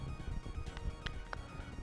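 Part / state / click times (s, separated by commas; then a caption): rubber wiring grommet into a headlight dust cover hole / seated / 1.1 s, 1.3 s. A rubber wiring pass-through grommet is worked around the edge of a hole drilled in a plastic headlight dust cover, with low-frequency handling noise throughout. Sharp pops are heard at 1.1 s and 1.3 s as the grommet seats into place in the hole.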